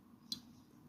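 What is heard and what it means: The internal part of a 3-button remote key fob for a 2007 to 2010 Ford C-Max is pushed down into its plastic casing after one corner goes in first and the part is slid in. A single sharp, bright click sounds at 0.3 seconds over a low background hum, and the part seats in the casing.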